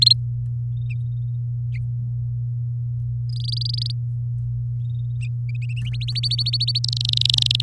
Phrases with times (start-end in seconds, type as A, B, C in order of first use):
0.01-0.13 A, 3.29-3.92 B, 5.92-6.79 C, 6.84-7.62 D